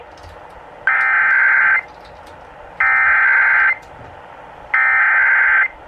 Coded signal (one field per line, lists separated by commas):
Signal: Emergency Alert System (SAME) tones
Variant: header bursts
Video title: EAS Catches #16: Immediate Evacuation